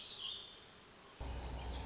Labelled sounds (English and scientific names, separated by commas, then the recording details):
Warbling Vireo (Vireo gilvus)
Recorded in Sonoma County, California